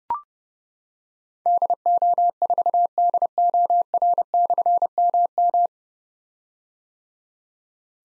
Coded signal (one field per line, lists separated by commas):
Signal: Morse code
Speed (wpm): 30 wpm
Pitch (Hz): 700 Hz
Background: none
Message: DO4DOR/MM